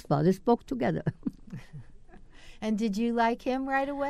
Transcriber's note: laughs